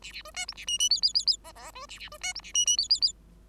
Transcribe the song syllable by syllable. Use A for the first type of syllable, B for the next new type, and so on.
A A B C D A E E F F F F G G B A A B C D A E E F F F